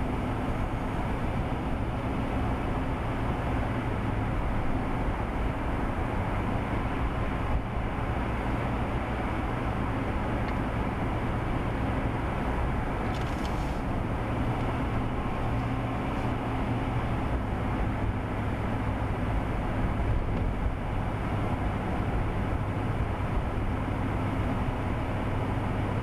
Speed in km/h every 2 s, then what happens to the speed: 55, 60, 61, 60, 60, 61, 60, 58, 58, 56, 56, 53, 55.
0-4 speeds up to 61. 4-26 slows to 55.